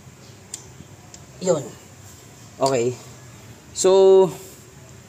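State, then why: Torque reached. A torque wrench tightens the center bolt of an AC compressor clutch plate until it clicks at its set value, with a sharp click at 0.5 s and a smaller tick near 1.2 s. Someone then talks as the bolt is confirmed at the right tightness, not over-torqued, so the clutch plate isn't pushed in and keeps its correct spacing.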